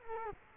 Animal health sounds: mosquito wingbeat signal from an infrared sensor; Culex quinquefasciatus

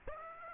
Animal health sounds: mosquito wingbeat signal from an infrared sensor; Aedes aegypti

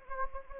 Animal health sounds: mosquito wingbeat signal from an infrared sensor; Anopheles gambiae

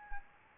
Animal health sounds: mosquito wingbeat signal from an infrared sensor; Anopheles arabiensis

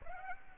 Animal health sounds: mosquito wingbeat signal from an infrared sensor; Aedes aegypti

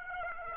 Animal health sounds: mosquito wingbeat signal from an infrared sensor; Aedes aegypti

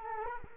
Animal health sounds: mosquito wingbeat signal from an infrared sensor; Culex quinquefasciatus

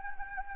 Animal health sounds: mosquito wingbeat signal from an infrared sensor; Anopheles gambiae

